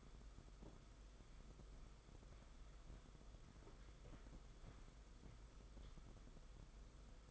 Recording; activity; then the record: daily activity, microphone in the room; walk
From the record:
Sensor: 5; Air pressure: 990.9 hPa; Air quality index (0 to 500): 147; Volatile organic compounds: 141 ppm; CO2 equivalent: 3984 ppm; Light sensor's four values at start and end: 43/130/50/53 and 42/130/50/53